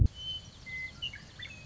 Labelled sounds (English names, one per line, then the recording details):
Western Meadowlark
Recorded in Sonoma County, California